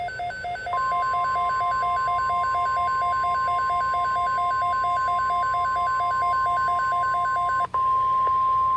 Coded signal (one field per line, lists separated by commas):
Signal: Emergency Alert System (SAME) tones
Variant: 1050 Hz attention tone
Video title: JUNE MADNESS 3: ENHANCED CHAOS || EAS Alerts from 6/17/22 || EAS 257-280